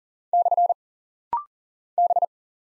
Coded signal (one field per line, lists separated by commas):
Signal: Morse code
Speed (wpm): 40 wpm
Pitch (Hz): 700 Hz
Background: none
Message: / B